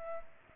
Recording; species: mosquito wingbeat signal from an infrared sensor; Culex pipiens